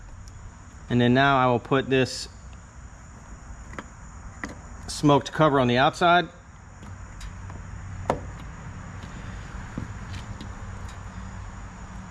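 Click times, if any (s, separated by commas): none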